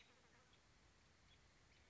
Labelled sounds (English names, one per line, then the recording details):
American Robin
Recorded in Sonoma County, California